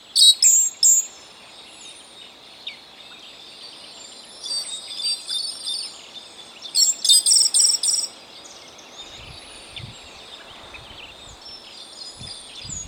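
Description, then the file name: Eastern slaty thrush song of sharp, metallic, ringing notes in short bursts near the start, middle and around seven seconds, over a steady chorus of high insects and birds. "canto do sabia ferreiro"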